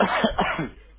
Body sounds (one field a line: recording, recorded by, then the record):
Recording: voluntary cough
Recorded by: telephone call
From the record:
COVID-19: negative